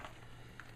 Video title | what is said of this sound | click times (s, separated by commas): build movie.avi | and you do it to the other side and you hear that click you're good | 0.6 s